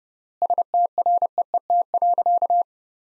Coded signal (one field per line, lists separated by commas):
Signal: Morse code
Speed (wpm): 30 wpm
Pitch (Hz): 700 Hz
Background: none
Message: STREET.